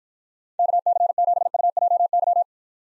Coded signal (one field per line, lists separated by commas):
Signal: Morse code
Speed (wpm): 53 wpm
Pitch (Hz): 700 Hz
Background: none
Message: KC7UJY